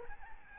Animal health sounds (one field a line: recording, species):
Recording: mosquito wingbeat signal from an infrared sensor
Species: Aedes albopictus